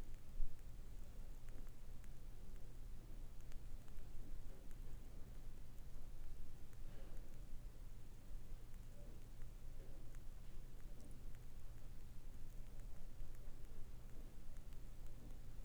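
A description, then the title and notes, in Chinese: A wood-wick candle burns with a soft, sparse crackle, like a tiny wood fire. Faint pops and ticks come at irregular moments, with a sharper one right at the start, over a steady low hum that runs throughout. 蠟燭燃燒的聲音。類似燒柴聲的蠟燭 ASMR。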